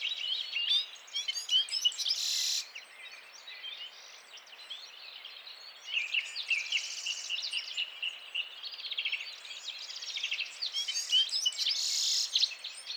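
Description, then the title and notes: Citril finch song, several birds twittering together in bursts of fast tinkling trills and buzzy phrases, with louder outbursts near the start and end. Males singing in a flock before females at the end of winter, mountains, Vallon de Combeau, Drôme, France, 17 March 2017; recorded with Nagra Seven and Telinga P7. "Printemps de Venturon. Vallon de Combeau - Drôme"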